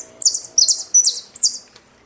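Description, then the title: Saffron finch singing four loud, buzzy high phrases in quick succession, each a short burry burst. "Jilguero Argentino"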